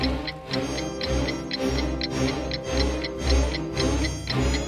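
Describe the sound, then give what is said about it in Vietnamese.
A clock in a castle chimes again with sustained ringing tones layered over a steady, rapid ticking that repeats evenly throughout at moderate volume, with no voices. “Chiếc đồng hồ đổ chuông lần nữa và 10 hội thẩm xuất hiện.”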